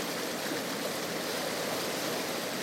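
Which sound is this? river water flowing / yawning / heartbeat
river water flowing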